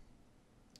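The plastic bottom cover of an Acer Predator Helios Neo 16 (PHN16-72-97Z5) laptop is pressed down around its edge so its retaining clips snap into the chassis. Under a steady low background hiss, one short, sharp click sounds at 0.8 s as a clip snaps in and the cover seats.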